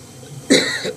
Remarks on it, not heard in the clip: You will hear a little bit more of this tonight, coughing, but tomorrow it's gone.